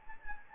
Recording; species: mosquito wingbeat signal from an infrared sensor; Anopheles gambiae